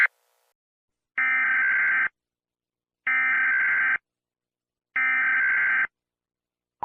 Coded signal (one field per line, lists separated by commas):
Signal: Emergency Alert System (SAME) tones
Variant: header bursts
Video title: EAS lowa fire danger alert starts at 3:51 am to 7:00 PM (My First Weather EAS Alert)